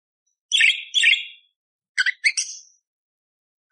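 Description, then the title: Budgerigar giving two harsh, buzzy squawks, then quick clipped chirps and a squeaky note. Budgerigar song, clear, with rough bursts, used as masteran training for magpie-robins (kacer). "Masteran Burung Parkit Gacor Jernih Isian Tembakan Kasar Cocok Buat Kacer"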